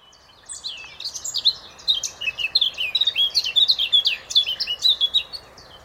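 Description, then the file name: Eurasian blackcap song, a lively, unbroken warble of rising and falling high notes delivered rapidly for about five seconds. "Sylvia atricapilla"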